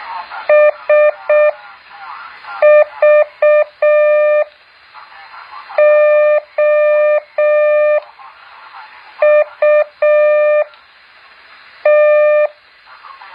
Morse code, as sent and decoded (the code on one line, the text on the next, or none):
... ...- --- ..- -
SVOUT